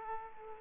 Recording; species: mosquito wingbeat signal from an infrared sensor; Aedes aegypti